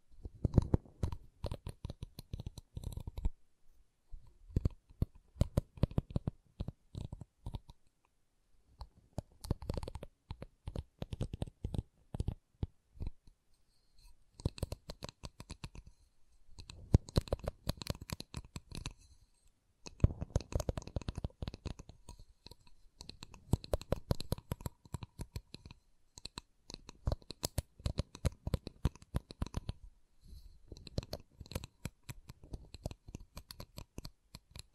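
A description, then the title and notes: Wood triggers: bursts of quick tapping, scratching and clicking on wood, each flurry lasting a few seconds with short quiet gaps between. The sharp taps are dense and irregular, with a low thump under the brighter clicks, and the pattern repeats steadily throughout. ASMR Calming Wood Triggers for Sleep (No Talking).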